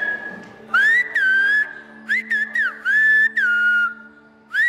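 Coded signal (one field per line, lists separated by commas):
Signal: whistled language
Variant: Silbo Gomero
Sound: loud piercing whistle in several gliding phrases, rising and falling pitch, short breaks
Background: faint low hum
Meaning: A greeting meaning good morning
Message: buenos dias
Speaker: The Gomeros' whistling language, El Silbo, is also used. This is buenos dias. Hey, yo, jijai, that's how you would write it. (whistles)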